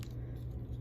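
A folded plastic leg side panel of a toy figure is pressed into its tab slots. A short click at 0.0 s shows the panel seating securely, followed by a steady low hum with faint rattling. Someone talks.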